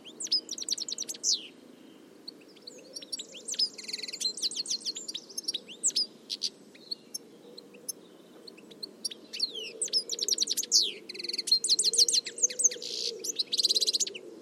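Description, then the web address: Bird chirping almost constantly, dense bursts of sharp high notes and quick twitters coming in waves, with a low rumbling background throughout. "Deverinetal"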